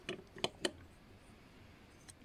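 Two plastic sub-assemblies of a 1/8 scale Altaya Ford GT40 model car (issue 62 build) are pressed together into their mating part, with a first tap near 0.1 s. Sharp snap clicks follow at 0.5 s and 0.7 s, then a faint tick near 2.1 s over quiet background. The parts seat and fit together.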